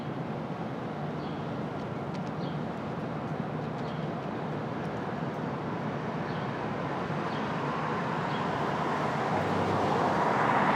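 Street traffic at dawn in the open air: a steady, dense rumble of passing vehicles with no breaks. It grows gradually louder and brighter toward the end as a vehicle approaches, and a few faint high chirps show up in the first half.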